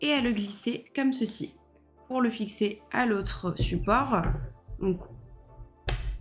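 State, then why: Seated. A plastic camera adapter for a video magnifier is slid and pushed onto a reading stand while a woman talks over quiet background music. At 5.9 s a sharp click is heard as the adapter clips home on the stand, seated and ready for the camera to be set on it.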